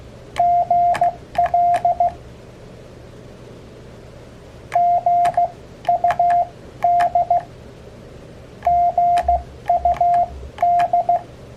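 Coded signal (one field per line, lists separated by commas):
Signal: Morse code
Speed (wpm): 16 wpm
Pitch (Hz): 700 Hz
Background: radio noise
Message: GL GUD GUD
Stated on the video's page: Morse code abbreviations lesson sent on an Elecraft KX3 with KXPD3 paddle.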